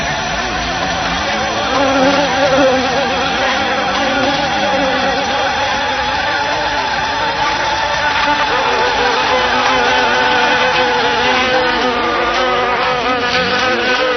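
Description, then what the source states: Bee buzz, a constant layered hum with slight wavering pitch, unbroken from start to finish. Recorded 18 July 2004.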